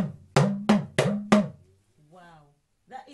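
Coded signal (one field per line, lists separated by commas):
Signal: talking drum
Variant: Yoruba dùndún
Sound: four resonant drum strokes with low pitch that bends, then a brief voice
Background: voice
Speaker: so I I want you to repeat what my drum just said jumbo jumbo Jambo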